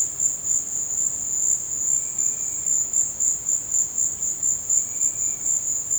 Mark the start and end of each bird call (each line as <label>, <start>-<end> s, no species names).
bird call, 1.83-2.75 s
bird call, 4.73-5.57 s